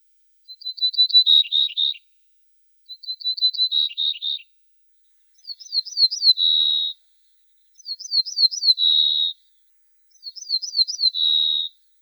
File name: Emberiza hortulana